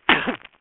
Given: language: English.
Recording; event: throat vibration sensor signal played as sound; cough